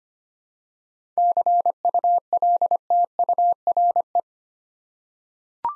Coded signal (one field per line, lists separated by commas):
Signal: Morse code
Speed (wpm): 25 wpm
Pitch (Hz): 700 Hz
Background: none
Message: CULTURE